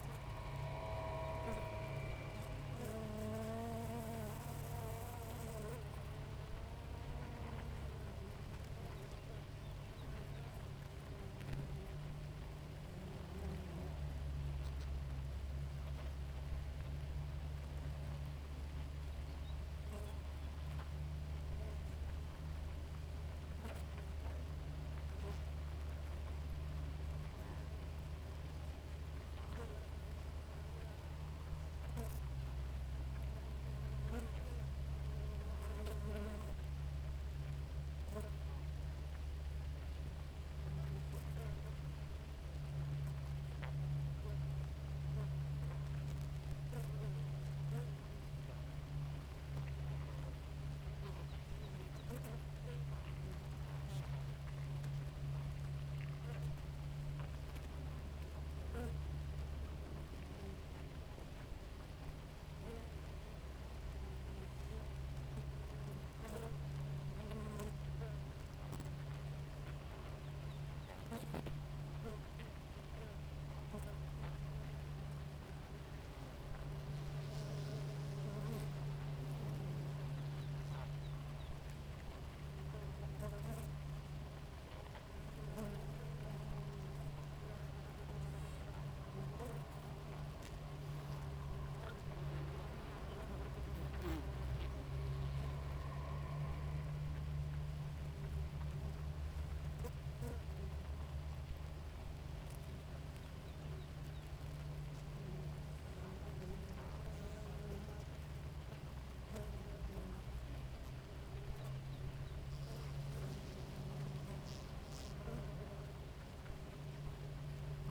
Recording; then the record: honeybee colony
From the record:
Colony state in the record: active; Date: 28 July 2017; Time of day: 4:47